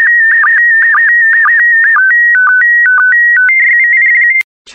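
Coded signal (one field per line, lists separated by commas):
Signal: SSTV (slow-scan television)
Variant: PD120 mode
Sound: pure tone hopping between two pitches with short low blips, then steady high tone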